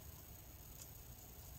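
During reassembly of a 13-inch Late 2013 MacBook Pro A1502, a flat ribbon cable connector is lined up and pressed down into its socket on the laptop logic board. One faint click is heard at 0.8 s over a steady background hiss, and the connector is seated.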